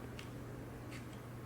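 With the trigger held, the bolt of a Fightlite MCR belt-fed upper is eased forward by hand into the barrel extension, where it cams and rotates its lugs into place. A single faint click is heard at 0.2 s over a steady low hum. The bolt lugs lock into the barrel and the bolt is seated.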